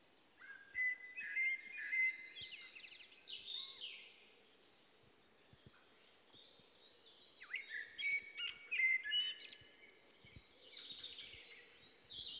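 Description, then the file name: Common blackbird song: phrases of low fluty whistled notes followed by high squeaky twittering, with a quiet pause after the first phrase. "Turdus merula"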